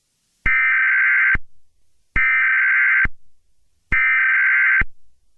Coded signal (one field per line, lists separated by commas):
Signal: Emergency Alert System (SAME) tones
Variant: header bursts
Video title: EAS Scenario: Storm of the Century